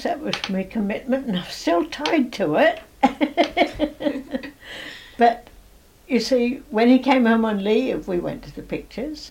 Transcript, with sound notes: That was my commitment. And I'm still tied to it! [laughs] But, you see, when he came home on leave, we went to the pictures.